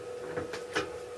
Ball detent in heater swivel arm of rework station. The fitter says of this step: then it will spin round but it doesn't really you can hear the ball clicking into place but